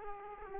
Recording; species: mosquito wingbeat signal from an infrared sensor; Aedes aegypti